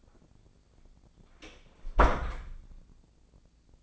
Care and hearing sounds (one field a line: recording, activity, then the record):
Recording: daily activity, microphone in the room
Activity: close door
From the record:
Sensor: 5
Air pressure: 1009.3 hPa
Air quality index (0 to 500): 165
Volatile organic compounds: 2 ppm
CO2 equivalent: 1261 ppm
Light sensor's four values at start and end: 123/288/124/134 and 123/289/125/135